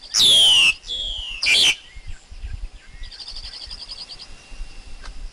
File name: Tieng chim ca cuong rung tap chim con hot